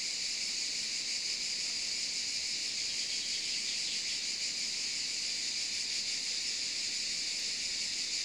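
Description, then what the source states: Cicada chorus, an unbroken high-pitched rasping drone holding level for the whole stretch. In the Maures, Var, France, on 3 July 2024 at 13:30.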